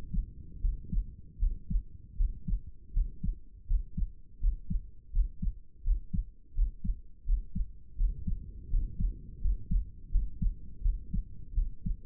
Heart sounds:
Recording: heart sounds by stethoscope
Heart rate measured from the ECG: 82 bpm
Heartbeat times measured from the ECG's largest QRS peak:
0.60 s: heartbeat
1.39 s: heartbeat
2.16 s: heartbeat
2.92 s: heartbeat
3.67 s: heartbeat
4.40 s: heartbeat
5.12 s: heartbeat
5.83 s: heartbeat
6.54 s: heartbeat
7.25 s: heartbeat
7.97 s: heartbeat
8.70 s: heartbeat
9.41 s: heartbeat
10.11 s: heartbeat
10.82 s: heartbeat
11.54 s: heartbeat
From the record:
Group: healthy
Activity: rest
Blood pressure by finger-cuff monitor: 104/73 mmHg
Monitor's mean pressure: 79 mmHg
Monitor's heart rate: 83 bpm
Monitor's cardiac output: 6.3 L/min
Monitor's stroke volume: 75 mL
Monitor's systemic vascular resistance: 900 dyn s/cm5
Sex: male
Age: 35 years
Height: 180 cm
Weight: 86.9 kg

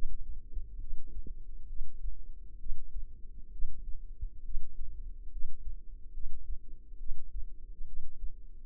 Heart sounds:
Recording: heart sounds by microphone in the left ear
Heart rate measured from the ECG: 68 bpm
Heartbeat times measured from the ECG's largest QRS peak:
0.78 s: heartbeat
1.67 s: heartbeat
2.57 s: heartbeat
3.50 s: heartbeat
4.42 s: heartbeat
5.30 s: heartbeat
6.12 s: heartbeat
6.97 s: heartbeat
7.85 s: heartbeat
From the record:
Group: healthy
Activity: rest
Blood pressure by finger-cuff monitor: 103/77 mmHg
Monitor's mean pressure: 86 mmHg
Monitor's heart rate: 68 bpm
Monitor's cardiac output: 5.4 L/min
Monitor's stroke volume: 81 mL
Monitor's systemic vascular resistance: 1160 dyn s/cm5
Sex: female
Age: 22 years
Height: 160 cm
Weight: 45 kg

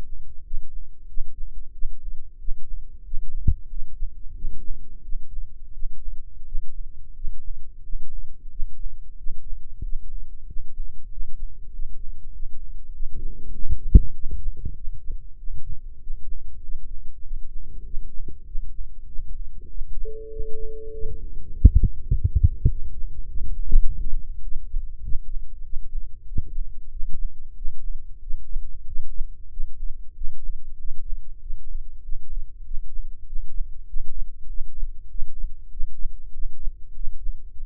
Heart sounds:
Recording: heart sounds by microphone in the right ear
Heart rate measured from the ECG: 95 bpm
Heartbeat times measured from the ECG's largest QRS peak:
0.42 s: heartbeat
1.06 s: heartbeat
1.71 s: heartbeat
2.36 s: heartbeat
3.02 s: heartbeat
3.67 s: heartbeat
4.33 s: heartbeat
5.01 s: heartbeat
5.71 s: heartbeat
6.43 s: heartbeat
7.12 s: heartbeat
7.81 s: heartbeat
8.48 s: heartbeat
9.15 s: heartbeat
9.80 s: heartbeat
10.44 s: heartbeat
11.07 s: heartbeat
11.69 s: heartbeat
12.30 s: heartbeat
12.90 s: heartbeat
13.50 s: heartbeat
14.11 s: heartbeat
14.73 s: heartbeat
15.35 s: heartbeat
15.98 s: heartbeat
16.59 s: heartbeat
17.21 s: heartbeat
17.82 s: heartbeat
18.43 s: heartbeat
19.05 s: heartbeat
19.67 s: heartbeat
20.28 s: heartbeat
20.90 s: heartbeat
21.50 s: heartbeat
22.09 s: heartbeat
22.67 s: heartbeat
23.25 s: heartbeat
23.82 s: heartbeat
24.40 s: heartbeat
25.00 s: heartbeat
25.61 s: heartbeat
26.24 s: heartbeat
26.88 s: heartbeat
27.53 s: heartbeat
28.19 s: heartbeat
28.84 s: heartbeat
29.48 s: heartbeat
30.13 s: heartbeat
30.76 s: heartbeat
31.38 s: heartbeat
32.00 s: heartbeat
32.62 s: heartbeat
33.24 s: heartbeat
33.85 s: heartbeat
34.46 s: heartbeat
35.07 s: heartbeat
35.68 s: heartbeat
36.30 s: heartbeat
36.92 s: heartbeat
37.54 s: heartbeat
From the record:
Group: healthy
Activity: rest 0-21 s, breath hold 21-38 s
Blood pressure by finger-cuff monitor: 99/69 mmHg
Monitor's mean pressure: 79 mmHg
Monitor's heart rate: 97 bpm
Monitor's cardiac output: 7.5 L/min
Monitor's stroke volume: 78 mL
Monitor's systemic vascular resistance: 770 dyn s/cm5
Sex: male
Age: 19 years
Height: 178 cm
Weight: 83 kg

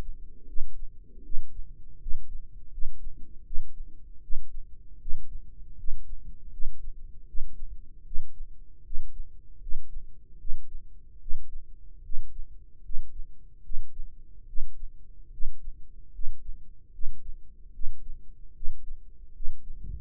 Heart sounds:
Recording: heart sounds by microphone in the right ear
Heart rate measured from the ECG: 76 bpm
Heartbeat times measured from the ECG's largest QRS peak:
0.46 s: heartbeat
1.22 s: heartbeat
1.98 s: heartbeat
2.70 s: heartbeat
3.43 s: heartbeat
4.20 s: heartbeat
4.98 s: heartbeat
5.76 s: heartbeat
6.50 s: heartbeat
7.25 s: heartbeat
8.03 s: heartbeat
8.83 s: heartbeat
9.59 s: heartbeat
10.37 s: heartbeat
11.19 s: heartbeat
12.02 s: heartbeat
12.82 s: heartbeat
13.62 s: heartbeat
14.46 s: heartbeat
15.30 s: heartbeat
16.11 s: heartbeat
16.91 s: heartbeat
17.71 s: heartbeat
18.53 s: heartbeat
19.32 s: heartbeat
From the record:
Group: healthy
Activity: rest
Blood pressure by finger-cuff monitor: 135/80 mmHg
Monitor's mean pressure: 99 mmHg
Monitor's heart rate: 77 bpm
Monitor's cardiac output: 6.8 L/min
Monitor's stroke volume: 88 mL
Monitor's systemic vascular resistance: 1080 dyn s/cm5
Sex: male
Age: 21 years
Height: 180 cm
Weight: 67.5 kg

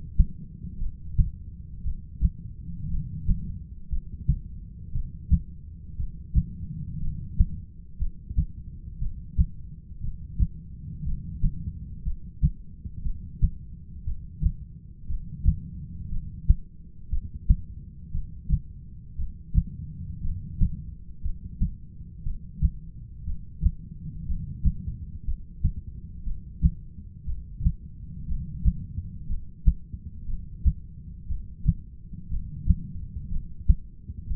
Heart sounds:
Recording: heart sounds by stethoscope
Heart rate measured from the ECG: 59 bpm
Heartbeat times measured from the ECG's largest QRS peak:
0.80 s: heartbeat
1.84 s: heartbeat
2.90 s: heartbeat
3.90 s: heartbeat
4.93 s: heartbeat
5.97 s: heartbeat
7.00 s: heartbeat
7.99 s: heartbeat
8.99 s: heartbeat
10.01 s: heartbeat
11.04 s: heartbeat
12.04 s: heartbeat
13.03 s: heartbeat
14.05 s: heartbeat
15.07 s: heartbeat
16.10 s: heartbeat
17.10 s: heartbeat
18.12 s: heartbeat
19.17 s: heartbeat
20.22 s: heartbeat
21.22 s: heartbeat
22.24 s: heartbeat
23.25 s: heartbeat
24.26 s: heartbeat
25.25 s: heartbeat
26.24 s: heartbeat
27.25 s: heartbeat
28.27 s: heartbeat
29.27 s: heartbeat
30.26 s: heartbeat
31.27 s: heartbeat
32.29 s: heartbeat
33.30 s: heartbeat
34.28 s: heartbeat
From the record:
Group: heart failure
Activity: rest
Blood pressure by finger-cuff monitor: 114/76 mmHg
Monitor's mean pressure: 91 mmHg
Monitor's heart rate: 59 bpm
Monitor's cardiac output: 6.4 L/min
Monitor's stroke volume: 108 mL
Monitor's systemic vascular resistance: 1030 dyn s/cm5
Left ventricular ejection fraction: 25%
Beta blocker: metoprolol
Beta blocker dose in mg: 62.5 twice daily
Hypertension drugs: ramipril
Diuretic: furosemide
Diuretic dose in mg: 40 twice daily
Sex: male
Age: 57 years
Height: 180 cm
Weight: 90.5 kg

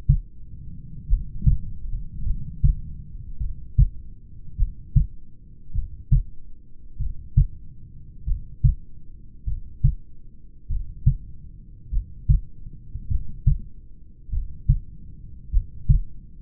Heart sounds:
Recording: heart sounds by stethoscope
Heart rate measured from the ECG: 50 bpm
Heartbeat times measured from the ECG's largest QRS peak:
1.11 s: heartbeat
2.28 s: heartbeat
3.43 s: heartbeat
4.61 s: heartbeat
5.77 s: heartbeat
7.02 s: heartbeat
8.30 s: heartbeat
9.50 s: heartbeat
10.72 s: heartbeat
11.95 s: heartbeat
13.13 s: heartbeat
14.35 s: heartbeat
15.55 s: heartbeat
From the record:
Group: heart failure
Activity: rest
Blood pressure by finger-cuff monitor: 122/70 mmHg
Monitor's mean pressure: 82 mmHg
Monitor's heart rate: 50 bpm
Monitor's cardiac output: 5.1 L/min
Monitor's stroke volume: 99 mL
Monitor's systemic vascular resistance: 1120 dyn s/cm5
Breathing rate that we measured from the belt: 17 breaths a minute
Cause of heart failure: familial cardiomyopathy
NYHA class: 1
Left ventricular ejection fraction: 49%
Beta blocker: bisoprolol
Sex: male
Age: 31 years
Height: 194 cm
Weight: 96 kg

